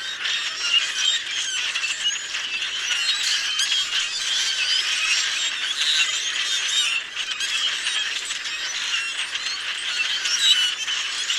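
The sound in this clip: Common grackle flock chattering nonstop: harsh squeals, creaks and squawks layered together, with a brief lull near the seventh second.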